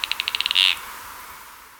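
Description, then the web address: Chestnut-crested cotinga call: a quick run of about eight dry clicking notes that ends in one longer, harsh buzzy note. Ecuador. "Birds of Ecuador 3. Chestnut-Crested Cotinga"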